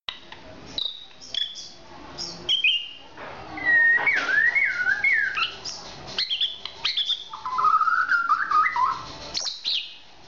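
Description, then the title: Oriental magpie-robin song of varied whistled phrases: high short notes, a loud undulating whistle, then a lower rapid warble, separated by brief pauses. "kacer"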